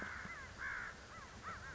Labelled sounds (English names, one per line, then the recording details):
American Crow
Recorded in Sonoma County, California